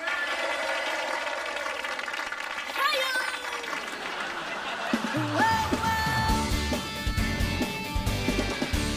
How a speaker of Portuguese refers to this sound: Um grande aplauso para a …!